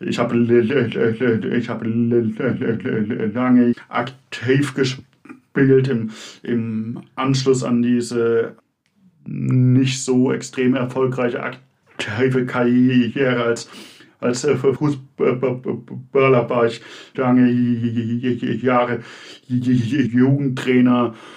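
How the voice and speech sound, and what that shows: A man in his mid-to-late twenties speaks German with repeated words and phrases ("ich habe… ich habe", "im, im", "als als"), stretched syllables and filled pauses between long silent gaps. This is stuttering, a fluency disorder that breaks the forward flow of speech.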